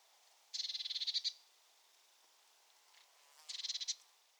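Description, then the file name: Eurasian blue tit giving two short buzzy churring rattles, each under a second long, about three seconds apart, with faint soft notes between them. "Cyanistes caeruleus"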